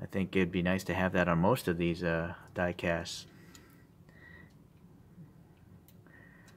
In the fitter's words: there must be some way to get that there we go snapped back in so that's a nice body seam it's really tight fit